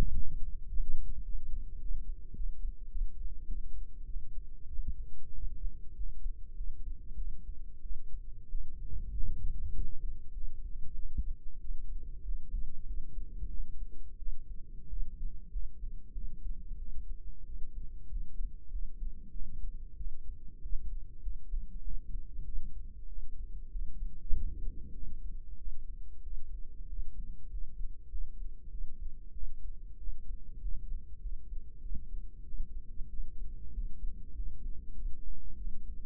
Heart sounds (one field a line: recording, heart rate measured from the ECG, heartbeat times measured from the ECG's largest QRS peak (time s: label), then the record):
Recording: heart sounds by microphone in the right ear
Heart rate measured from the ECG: 97 bpm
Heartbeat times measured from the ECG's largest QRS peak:
0.14 s: heartbeat
0.69 s: heartbeat
1.24 s: heartbeat
1.80 s: heartbeat
2.36 s: heartbeat
2.91 s: heartbeat
3.47 s: heartbeat
4.06 s: heartbeat
4.69 s: heartbeat
5.34 s: heartbeat
5.96 s: heartbeat
6.56 s: heartbeat
7.17 s: heartbeat
7.82 s: heartbeat
8.50 s: heartbeat
9.13 s: heartbeat
9.73 s: heartbeat
10.34 s: heartbeat
10.95 s: heartbeat
11.60 s: heartbeat
12.24 s: heartbeat
12.86 s: heartbeat
13.49 s: heartbeat
14.18 s: heartbeat
14.89 s: heartbeat
15.51 s: heartbeat
16.14 s: heartbeat
16.78 s: heartbeat
17.46 s: heartbeat
18.09 s: heartbeat
18.71 s: heartbeat
19.32 s: heartbeat
19.97 s: heartbeat
20.61 s: heartbeat
21.22 s: heartbeat
21.83 s: heartbeat
22.44 s: heartbeat
23.08 s: heartbeat
23.71 s: heartbeat
24.32 s: heartbeat
24.93 s: heartbeat
25.58 s: heartbeat
26.23 s: heartbeat
26.88 s: heartbeat
27.50 s: heartbeat
28.10 s: heartbeat
28.70 s: heartbeat
29.33 s: heartbeat
29.99 s: heartbeat
30.60 s: heartbeat
31.21 s: heartbeat
31.81 s: heartbeat
32.44 s: heartbeat
33.09 s: heartbeat
33.73 s: heartbeat
34.34 s: heartbeat
34.95 s: heartbeat
35.57 s: heartbeat
From the record:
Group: healthy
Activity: rest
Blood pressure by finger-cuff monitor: 90/58 mmHg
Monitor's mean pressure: 72 mmHg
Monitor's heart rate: 96 bpm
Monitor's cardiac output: 8.2 L/min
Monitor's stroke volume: 86 mL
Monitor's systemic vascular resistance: 630 dyn s/cm5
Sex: female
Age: 22 years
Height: 161 cm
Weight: 65.5 kg